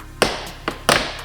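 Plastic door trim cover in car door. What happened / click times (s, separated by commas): The plastic trim piece snapped free / 0.2 s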